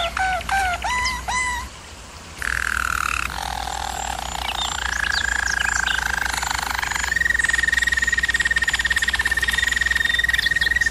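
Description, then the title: German Roller canary delivering looping bubbling notes, then shifting rolled tours of different pitches and ending with a long even high trill; faint steady hum throughout. German Roller canary singing, for canary training. "German Roller Canary Singing - Canary Training Vid"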